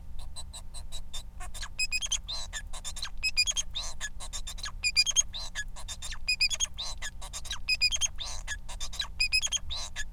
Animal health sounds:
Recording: song of a male Bengalese finch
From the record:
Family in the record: son of father 4

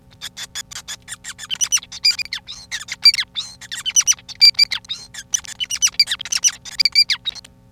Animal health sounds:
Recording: song of a male Bengalese finch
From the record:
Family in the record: son of father 5

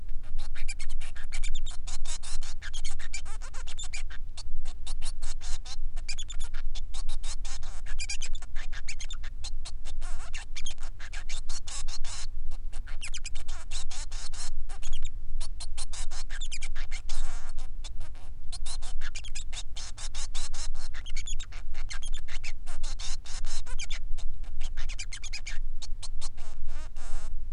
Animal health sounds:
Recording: song of a male Bengalese finch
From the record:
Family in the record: son of father 3

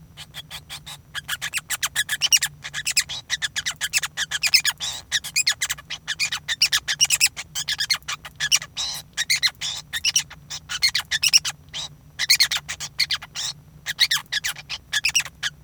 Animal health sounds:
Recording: song of a male Bengalese finch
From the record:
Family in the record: son of father 5

